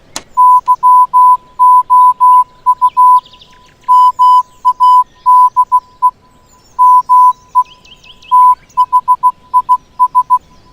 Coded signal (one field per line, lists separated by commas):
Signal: Morse code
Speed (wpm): 16 wpm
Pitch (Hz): 1000 Hz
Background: none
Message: YOU MADE ME THIS